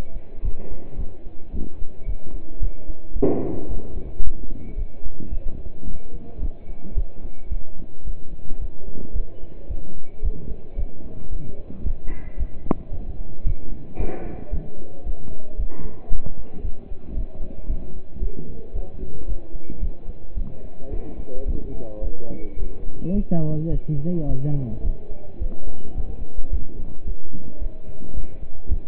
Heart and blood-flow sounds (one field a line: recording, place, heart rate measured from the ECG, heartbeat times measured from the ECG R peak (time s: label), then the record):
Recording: heart sounds by stethoscope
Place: between the tricuspid and mitral areas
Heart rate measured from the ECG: 110 bpm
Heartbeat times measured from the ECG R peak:
0.44 s: heartbeat
0.99 s: heartbeat
1.54 s: heartbeat
2.08 s: heartbeat
2.62 s: heartbeat
3.16 s: heartbeat
3.70 s: heartbeat
4.24 s: heartbeat
4.78 s: heartbeat
5.32 s: heartbeat
5.87 s: heartbeat
6.42 s: heartbeat
6.97 s: heartbeat
7.51 s: heartbeat
8.06 s: heartbeat
8.61 s: heartbeat
9.15 s: heartbeat
9.70 s: heartbeat
10.24 s: heartbeat
10.78 s: heartbeat
11.32 s: heartbeat
11.85 s: heartbeat
12.39 s: heartbeat
12.92 s: heartbeat
13.46 s: heartbeat
13.99 s: heartbeat
14.53 s: heartbeat
15.06 s: heartbeat
15.59 s: heartbeat
16.12 s: heartbeat
16.64 s: heartbeat
17.17 s: heartbeat
17.69 s: heartbeat
18.22 s: heartbeat
18.75 s: heartbeat
19.28 s: heartbeat
19.82 s: heartbeat
20.37 s: heartbeat
20.92 s: heartbeat
21.47 s: heartbeat
22.03 s: heartbeat
22.59 s: heartbeat
23.15 s: heartbeat
23.71 s: heartbeat
24.28 s: heartbeat
24.85 s: heartbeat
25.41 s: heartbeat
25.96 s: heartbeat
26.52 s: heartbeat
27.07 s: heartbeat
27.61 s: heartbeat
28.16 s: heartbeat
28.70 s: heartbeat
From the record:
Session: pedaling a stationary bicycle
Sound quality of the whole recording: partially saturated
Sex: male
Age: 27 years